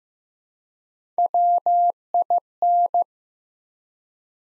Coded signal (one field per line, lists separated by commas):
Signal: Morse code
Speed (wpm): 15 wpm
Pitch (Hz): 700 Hz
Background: none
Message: WIN